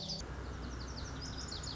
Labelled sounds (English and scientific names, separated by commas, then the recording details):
Lazuli Bunting (Passerina amoena)
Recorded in Sonoma County, California